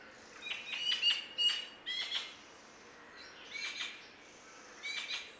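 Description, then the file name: Eurasian magpie uttering harsh, rasping calls in irregular short bursts, some with a slightly tonal edge. "Pica pica"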